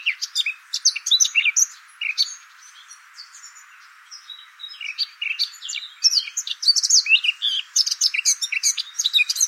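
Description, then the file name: Eurasian blackcap warbling in two bursts of rapid, varied twittering and whistled phrases, with a quieter gap between them. "Sylvia atricapilla"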